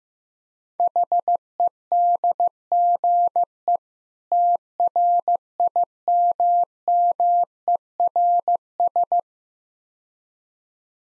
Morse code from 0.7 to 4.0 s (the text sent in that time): HEDGE